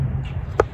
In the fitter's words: click it just clicked underneath the third one now I pull it towards me